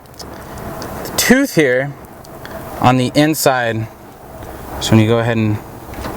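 Someone talks while handling a metal radio removal key at the slot beside a factory car radio, where it is meant to slide in until it catches the radio's internal retaining clip with a click. A brief sharp tick comes at about 0.2 s, with quiet handling noise between the speech. The key has not clicked or locked into place yet.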